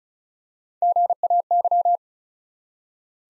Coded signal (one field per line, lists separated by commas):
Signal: Morse code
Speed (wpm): 36 wpm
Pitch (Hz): 700 Hz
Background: none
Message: GAY